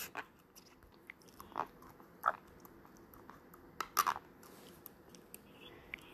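Sharp, irregular crunching and grating clicks, about 35 a minute, from an adult woman's teeth grinding (bruxism), sounding as if something were being ripped off, against a quiet indoor background, with a few louder bursts clustered together. The teeth rub and snap against each other.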